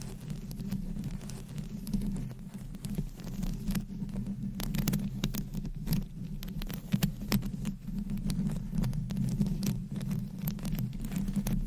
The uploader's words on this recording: ASMR Mic Scratching - Brain Scratching & Tapping with Rhinestones & Long Nails -No Talking.